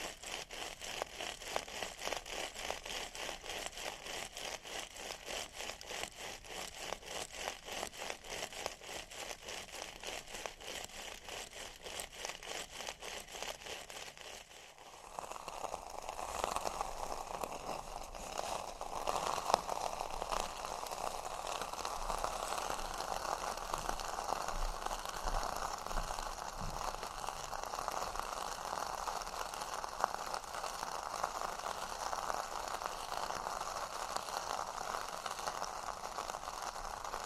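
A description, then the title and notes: Metal scrubbers being rolled and squeezed, giving a dense, steady run of crunchy crinkles. For the first fifteen seconds the crackle is fine and even; after a brief dip it turns fuller and slightly louder, with a rougher, continuous rustle to the end. TimASMR-Metal Scrubbers Crunchy Crinkles, Rolling, and Squeezing Triggers (NO TALKING).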